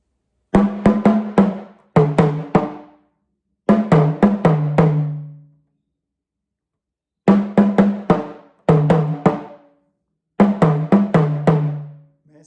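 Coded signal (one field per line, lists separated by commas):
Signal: talking drum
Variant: Yoruba sakara drum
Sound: six short phrases of quick low drum strokes with slightly shifting pitch, separated by pauses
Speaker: a drum beat the Sakura player will play and I will say something like this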